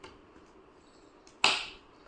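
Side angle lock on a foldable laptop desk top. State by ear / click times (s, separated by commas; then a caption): seated / 1.4 s. The side angle lock on the metal hinge of a foldable, adjustable Callas portable laptop desk top is pushed in after the top is tilted flat. A faint tick comes first, then a sharp snap at 1.4 s that rings out briefly. The lock engages and the desk top holds flat.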